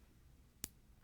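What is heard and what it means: A hinged clickback closure post on a metal hoop earring is pressed into its catch. After a quiet stretch, one sharp, bright snap lands at 0.6 s, and the closure seats securely.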